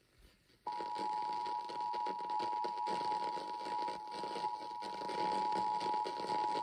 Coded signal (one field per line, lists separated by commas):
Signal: Emergency Alert System (SAME) tones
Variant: 853 and 960 Hz attention tone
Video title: A Little Extra Rainfall || EAS Alerts from 7/15/23 || EAS 780-791